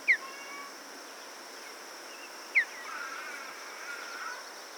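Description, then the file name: Mountain bluebird giving two short downslurred notes about two and a half seconds apart, with a steady high insect-like hum throughout. "Mountain Bluebird - Sialia currucoides"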